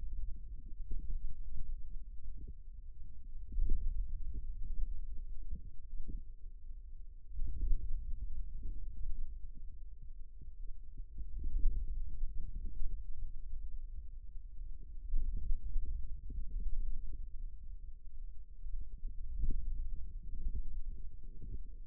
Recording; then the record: forearm muscle sounds (acoustic myography)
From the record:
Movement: hand opening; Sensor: system 2, bracelet of six BSWA MPA416 microphones around the upper forearm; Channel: 2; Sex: male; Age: 22 years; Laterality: right